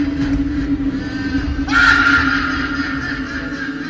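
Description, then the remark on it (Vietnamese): A sudden burst of panicked, high-pitched screaming erupts partway through over a steady low droning hum, staying loud and strained for a moment before slowly fading but not stopping. “Cái chày và cối đã dở tan tành, vòng tròn rắn giam giữ cái dông tan xác, rắn đổ ra khắp nơi và tiếng la hét thất thanh vang lên chấn động không tin.”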